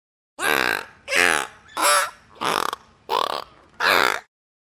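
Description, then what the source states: Pilot whale calls: six harsh, nasal, buzzy bursts of about half a second each, coming roughly every 0.7 seconds with short silences between. Pacific pilot whale, vocalising.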